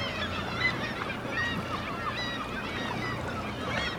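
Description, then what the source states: Black-legged kittiwake calls, wavering nasal notes rising and falling in a loose series amid more colony calls and low background rumble. Recorded at Dunbar.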